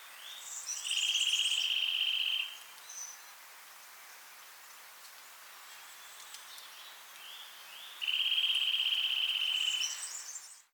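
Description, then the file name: Eurasian nuthatch: two fast, even, high trills separated by a long pause, with scattered faint high-pitched chirps around them. "Sitta europaea"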